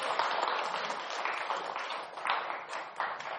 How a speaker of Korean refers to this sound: 오늘 설법을 해주신 강력 스님께 감사의 큰 박수 부탁드립니다.